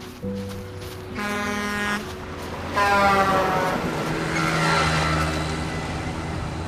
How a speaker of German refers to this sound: Als ich die Hand raushalte, bremst in derselben Sekunde ein Auto.